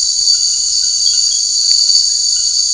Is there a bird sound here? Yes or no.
no